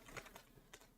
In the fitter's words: Oh, that was a nice clicky clack. Hopefully you guys all heard that clicky clack.